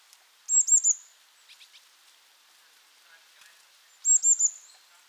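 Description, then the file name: Eurasian blue tit calling twice with a rapid burst of three very high, thin notes, faint softer chips between the bursts. "Cyanistes caeruleus"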